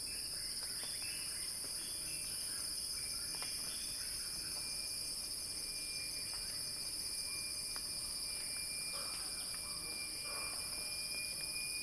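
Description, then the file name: Cicada drone, shrill and constant, with faint chirping notes and soft ticks coming and going underneath. Cicada song building as a crescendo. "earth-fm Axel-Drioli Cicada-Crescendo-Sounding-Wild"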